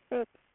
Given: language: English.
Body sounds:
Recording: throat vibration sensor signal played as sound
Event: speech

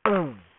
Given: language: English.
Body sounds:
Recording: throat vibration sensor signal played as sound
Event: throat clearing

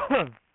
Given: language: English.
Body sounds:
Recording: throat vibration sensor signal played as sound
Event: cough

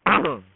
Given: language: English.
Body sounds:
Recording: throat vibration sensor signal played as sound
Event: throat clearing

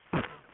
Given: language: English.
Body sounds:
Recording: throat vibration sensor signal played as sound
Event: cough

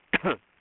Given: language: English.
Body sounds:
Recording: throat vibration sensor signal played as sound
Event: cough

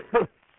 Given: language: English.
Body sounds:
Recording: throat vibration sensor signal played as sound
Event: cough

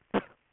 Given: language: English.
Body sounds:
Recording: throat vibration sensor signal played as sound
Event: cough

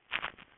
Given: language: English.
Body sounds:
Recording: throat vibration sensor signal played as sound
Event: swallow

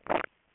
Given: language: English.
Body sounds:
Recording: throat vibration sensor signal played as sound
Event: swallow

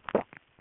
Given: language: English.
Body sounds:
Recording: throat vibration sensor signal played as sound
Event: swallow

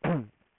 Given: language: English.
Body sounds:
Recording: throat vibration sensor signal played as sound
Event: throat clearing

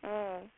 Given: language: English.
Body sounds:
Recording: throat vibration sensor signal played as sound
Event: speech

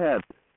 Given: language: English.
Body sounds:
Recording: throat vibration sensor signal played as sound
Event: speech

